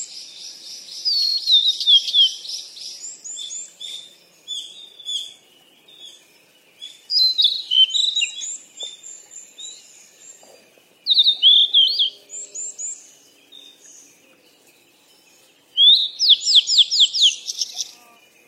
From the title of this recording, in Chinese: 鸟儿嬉戏声